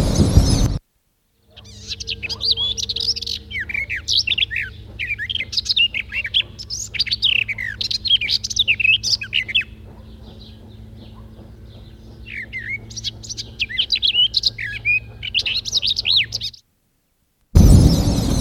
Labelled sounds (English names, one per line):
Garden Warbler song